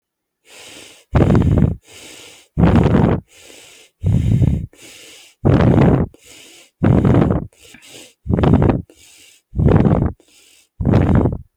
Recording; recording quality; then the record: shallow breathing; excellent, no background noise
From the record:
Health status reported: healthy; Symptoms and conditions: none ticked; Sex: male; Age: 25 years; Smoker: not ticked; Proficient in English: yes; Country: India